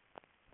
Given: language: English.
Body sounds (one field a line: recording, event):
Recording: throat vibration sensor signal played as sound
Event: swallow